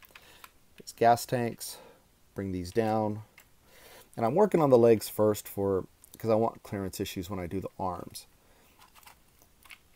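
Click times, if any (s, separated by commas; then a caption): 9.7 s. Someone talks while folding the gas tank panels down onto the legs of a Wei Jiang MPP10B Black Commander, a plastic transforming robot figure that is a KO of Masterpiece Nemesis Prime MP-10B, working on the legs first to avoid clearance issues with the arms. A few faint clicks come early, then a sharp snap at 9.7 s as a panel seats firmly into place.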